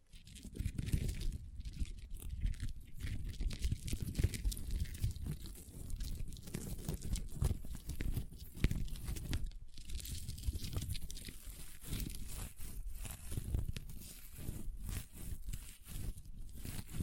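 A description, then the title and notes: Crunchy slime is squeezed and worked continuously, giving a dense stream of crackling, crinkly snaps. The texture stays busy throughout, with low squelchy pressing underneath and frequent brighter crisp pops, briefly thinning out around ten seconds before resuming. ASMR Satisfying Crunchy Slime (No Talking).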